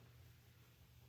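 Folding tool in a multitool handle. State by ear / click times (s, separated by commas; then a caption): not seated / none. A folding tool in the metal handle of a Swisstool Spirit X multitool is being handled as it is opened, with only a steady low hum and faint background noise heard. Nothing has locked or clicked into place yet.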